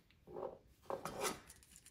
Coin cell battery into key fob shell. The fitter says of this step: you need to tuck that edge in first, so like that, and then it'll snap into place.